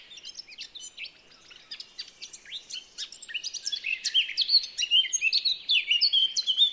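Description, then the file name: Eurasian blackcap song, a dense scratchy warble of quick varied notes that starts soft and grows steadily louder and busier toward the end. "Sylvia atricapilla"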